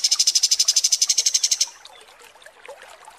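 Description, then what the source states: Kapas tembak song: a fast run of sharp, high, evenly pulsed notes for about one and a half seconds, then quiet background chatter. Masteran training recording of kapas tembak song.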